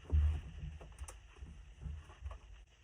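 An outer cover with teeth is pushed down over a wired, tape-wrapped lamp socket with an integrated switch on a 5 ft standing manzanita log lamp. Low rumbling handling noise is heard before the teeth crimp in and the cover snaps into place at 1.1 s. The cover is seated.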